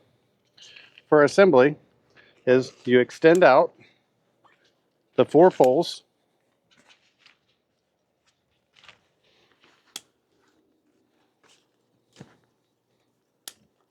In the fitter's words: Two clicks in the back,